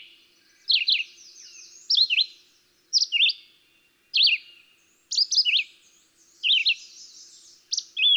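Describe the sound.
Red-eyed Vireo song of abrupt whistled phrases, each a short rising or falling slur, repeated at a steady pace with brief gaps between.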